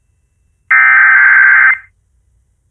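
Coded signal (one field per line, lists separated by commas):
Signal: Emergency Alert System (SAME) tones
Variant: header bursts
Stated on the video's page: Routine weekly Monday Emergency Alert System tests.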